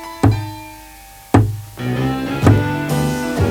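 Three sharp knocks on a wooden wardrobe, spaced unevenly, each followed by a hollow, ringing resonance that lingers before the next strike. No voices are heard.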